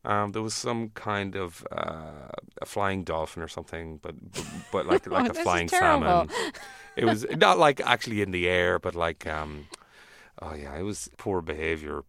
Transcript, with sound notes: There was some kind of flying dolphin or something but like a flying salmon.
(Laughter) This is terrible.
Not like actually in the air, but like - oh, yeah, it was poor behavior.